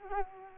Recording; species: mosquito wingbeat signal from an infrared sensor; Culex quinquefasciatus